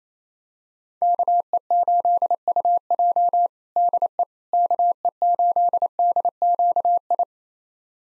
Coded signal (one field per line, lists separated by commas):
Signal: Morse code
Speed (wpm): 28 wpm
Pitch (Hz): 700 Hz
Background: none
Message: KE8UJ DE KE8DQI